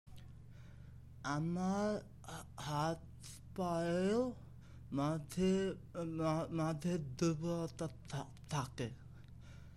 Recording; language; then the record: elicited speech; Bengali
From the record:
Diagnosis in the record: Broca's or global aphasia after a stroke